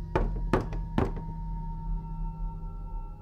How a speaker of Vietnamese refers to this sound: Cụ vừa về buồng đóng cửa, còn chưa kịp bước đến giường thì tiếng gõ cửa lại vang lên.